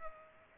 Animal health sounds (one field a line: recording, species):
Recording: mosquito wingbeat signal from an infrared sensor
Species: Culex pipiens